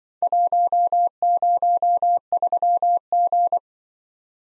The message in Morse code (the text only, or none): 103G